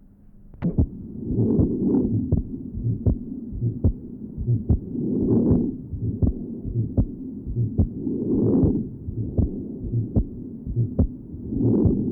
Innocent systolic murmur. Note the grunting character of the ejection systolic murmur and the normal splitting of the second heart sound. Taken at pulmonary area.